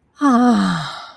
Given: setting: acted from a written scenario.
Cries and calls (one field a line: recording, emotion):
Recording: vocal sound without words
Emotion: serenity